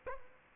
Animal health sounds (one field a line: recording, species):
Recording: mosquito wingbeat signal from an infrared sensor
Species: Aedes aegypti